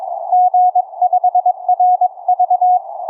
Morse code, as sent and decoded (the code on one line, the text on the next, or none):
--. ..... .-. ...-
G5RV